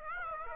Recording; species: mosquito wingbeat signal from an infrared sensor; Aedes aegypti